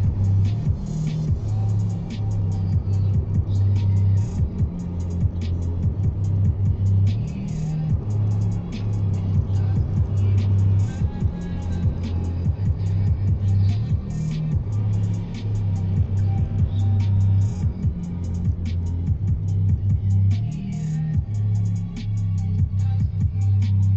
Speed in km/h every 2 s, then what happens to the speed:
63, 63, 63, 62, 60, 59, 58, 54, 43, 31, 16, 5.
0-13 steady at about 62. 13-24 brakes to 5.